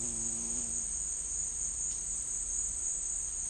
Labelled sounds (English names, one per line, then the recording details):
none
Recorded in secondary vegetation near Puerto Asís, Putumayo, Colombia, on 21 December 2024 at 13:00
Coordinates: 0.484, -76.319
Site GP06